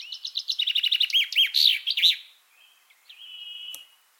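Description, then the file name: Common chaffinch song: a quick series of sharp repeated notes dropping in pitch, closing with a loud flourish, then soft thin notes and a brief tick. "Fringilla coelebs"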